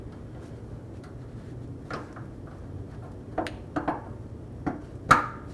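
A small plastic electrical connector is slid onto the rear of the fuel pump module on a 1994–2004 Chevy S10. A few soft handling ticks and taps lead up to one sharp, bright click at 5.1 s as the connector seats and locks in.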